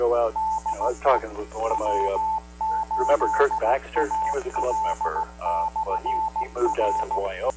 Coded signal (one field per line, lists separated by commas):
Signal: Morse code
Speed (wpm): 16 wpm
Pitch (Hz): 880 Hz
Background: speech, radio noise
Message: DE W8AL/R